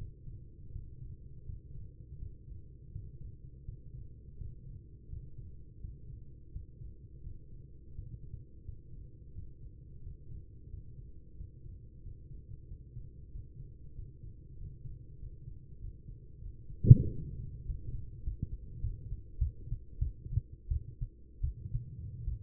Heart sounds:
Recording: heart sounds by stethoscope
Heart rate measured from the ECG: 89 bpm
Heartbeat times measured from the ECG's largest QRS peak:
0.70 s: heartbeat
1.44 s: heartbeat
2.17 s: heartbeat
2.90 s: heartbeat
3.63 s: heartbeat
4.36 s: heartbeat
5.07 s: heartbeat
5.79 s: heartbeat
6.50 s: heartbeat
7.21 s: heartbeat
7.93 s: heartbeat
8.63 s: heartbeat
9.32 s: heartbeat
10.01 s: heartbeat
10.68 s: heartbeat
11.35 s: heartbeat
12.01 s: heartbeat
12.66 s: heartbeat
13.30 s: heartbeat
13.93 s: heartbeat
14.56 s: heartbeat
15.17 s: heartbeat
15.79 s: heartbeat
16.40 s: heartbeat
17.02 s: heartbeat
17.64 s: heartbeat
18.22 s: heartbeat
18.80 s: heartbeat
19.38 s: heartbeat
19.99 s: heartbeat
20.68 s: heartbeat
21.41 s: heartbeat
22.25 s: heartbeat
From the record:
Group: healthy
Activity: Valsalva maneuver 0-18 s, rest 18-22 s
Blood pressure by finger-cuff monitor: 100/82 mmHg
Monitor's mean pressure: 87 mmHg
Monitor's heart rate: 86 bpm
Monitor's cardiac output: 4.7 L/min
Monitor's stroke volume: 55 mL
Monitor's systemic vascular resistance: 1320 dyn s/cm5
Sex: female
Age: 43 years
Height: 160 cm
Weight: 90 kg

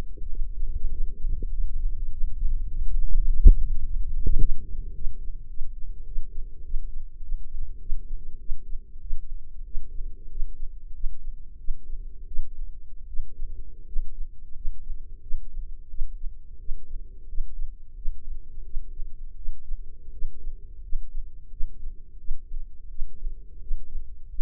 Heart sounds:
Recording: heart sounds by microphone in the right ear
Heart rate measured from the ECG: 93 bpm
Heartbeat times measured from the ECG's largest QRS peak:
0.28 s: heartbeat
0.90 s: heartbeat
1.51 s: heartbeat
2.11 s: heartbeat
2.69 s: heartbeat
3.27 s: heartbeat
3.83 s: heartbeat
4.39 s: heartbeat
4.94 s: heartbeat
5.49 s: heartbeat
6.05 s: heartbeat
6.63 s: heartbeat
7.21 s: heartbeat
7.80 s: heartbeat
8.39 s: heartbeat
9.01 s: heartbeat
9.65 s: heartbeat
10.29 s: heartbeat
10.93 s: heartbeat
11.58 s: heartbeat
12.26 s: heartbeat
13.07 s: heartbeat
13.85 s: heartbeat
14.54 s: heartbeat
15.21 s: heartbeat
15.89 s: heartbeat
16.58 s: heartbeat
17.27 s: heartbeat
17.95 s: heartbeat
18.64 s: heartbeat
19.36 s: heartbeat
20.11 s: heartbeat
20.82 s: heartbeat
21.50 s: heartbeat
22.18 s: heartbeat
22.89 s: heartbeat
23.60 s: heartbeat
24.28 s: heartbeat
From the record:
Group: healthy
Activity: rest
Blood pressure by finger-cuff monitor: 119/68 mmHg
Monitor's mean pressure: 81 mmHg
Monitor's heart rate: 91 bpm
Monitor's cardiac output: 8.4 L/min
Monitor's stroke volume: 91 mL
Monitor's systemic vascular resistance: 690 dyn s/cm5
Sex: male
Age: 19 years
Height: 178 cm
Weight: 83 kg

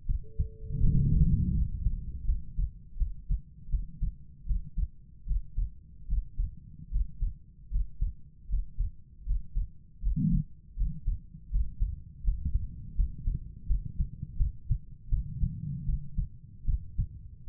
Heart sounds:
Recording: heart sounds by stethoscope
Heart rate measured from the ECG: 79 bpm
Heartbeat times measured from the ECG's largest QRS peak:
0.06 s: heartbeat
0.80 s: heartbeat
1.53 s: heartbeat
2.24 s: heartbeat
2.96 s: heartbeat
3.69 s: heartbeat
4.45 s: heartbeat
5.26 s: heartbeat
6.07 s: heartbeat
6.90 s: heartbeat
7.70 s: heartbeat
8.48 s: heartbeat
9.25 s: heartbeat
10.01 s: heartbeat
10.75 s: heartbeat
11.50 s: heartbeat
12.23 s: heartbeat
12.95 s: heartbeat
13.66 s: heartbeat
14.36 s: heartbeat
15.08 s: heartbeat
15.85 s: heartbeat
16.64 s: heartbeat
17.48 s: heartbeat
From the record:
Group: healthy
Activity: rest 0-1 s, Valsalva maneuver 1-17 s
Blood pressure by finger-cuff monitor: 98/61 mmHg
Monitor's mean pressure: 73 mmHg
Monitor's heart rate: 80 bpm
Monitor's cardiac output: 6.6 L/min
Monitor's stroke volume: 85 mL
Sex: female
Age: 32 years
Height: 172 cm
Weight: 71.7 kg

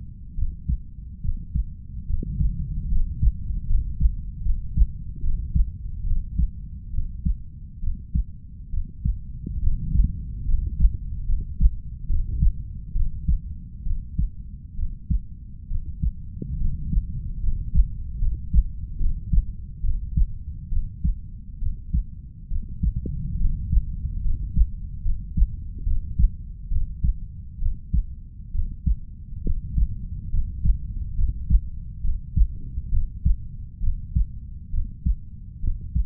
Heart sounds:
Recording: heart sounds by stethoscope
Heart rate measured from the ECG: 70 bpm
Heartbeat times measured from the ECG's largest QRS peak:
0.35 s: heartbeat
1.21 s: heartbeat
2.06 s: heartbeat
2.88 s: heartbeat
3.66 s: heartbeat
4.42 s: heartbeat
5.20 s: heartbeat
6.03 s: heartbeat
6.90 s: heartbeat
7.80 s: heartbeat
8.70 s: heartbeat
9.59 s: heartbeat
10.45 s: heartbeat
11.25 s: heartbeat
12.06 s: heartbeat
12.92 s: heartbeat
13.83 s: heartbeat
14.75 s: heartbeat
15.67 s: heartbeat
16.57 s: heartbeat
17.39 s: heartbeat
18.18 s: heartbeat
18.97 s: heartbeat
19.81 s: heartbeat
20.69 s: heartbeat
21.58 s: heartbeat
22.48 s: heartbeat
23.37 s: heartbeat
24.21 s: heartbeat
25.02 s: heartbeat
25.83 s: heartbeat
26.68 s: heartbeat
27.58 s: heartbeat
28.51 s: heartbeat
29.42 s: heartbeat
30.30 s: heartbeat
31.15 s: heartbeat
32.01 s: heartbeat
32.89 s: heartbeat
33.79 s: heartbeat
34.70 s: heartbeat
35.60 s: heartbeat
From the record:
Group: healthy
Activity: rest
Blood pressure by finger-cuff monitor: 118/59 mmHg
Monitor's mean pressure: 75 mmHg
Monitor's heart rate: 68 bpm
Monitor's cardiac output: 5.9 L/min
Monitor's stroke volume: 84 mL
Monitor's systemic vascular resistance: 920 dyn s/cm5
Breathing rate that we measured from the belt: 9 breaths a minute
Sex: female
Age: 32 years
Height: 168 cm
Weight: 61.9 kg

